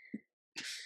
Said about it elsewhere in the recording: My hiccups are so bad. It was kind of aggressive, too. Yeah, my hiccups are aggressive. It sounds like my trachea wants to escape my body.